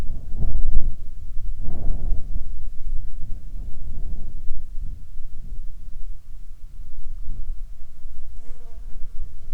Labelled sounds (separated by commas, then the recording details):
wind, water, insects
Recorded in the Prudhoe Bay oil fields, Alaska, on 8 July 2019 at 20:00
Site 14